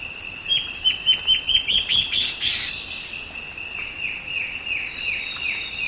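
Bird calls in a rapid burst of thin, high chirps, followed by a string of softer downslurred notes, with a constant shrill insect hum underneath.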